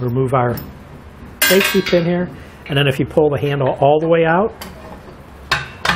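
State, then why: Seated. After the safety pin is removed, the release handle of a steel fifth wheel hitch head is pulled all the way out while someone talks. It latches in the open position with a sharp metallic click at 5.5 s, followed by a lighter click shortly after.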